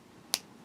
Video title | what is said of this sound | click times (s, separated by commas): Episode 741 Pilot Prera | little click so mix and match you can't | 0.3 s